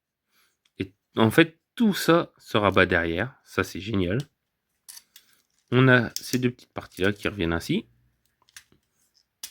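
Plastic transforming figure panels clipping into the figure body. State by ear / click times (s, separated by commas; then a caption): seated / 9.4 s. Someone talks while transforming a plastic robot action figure, folding two small plastic panels back and pressing them together against the figure's body, with faint plastic clicks and handling sounds between phrases. The parts clip into place with a loud, sharp snap at 9.4 s.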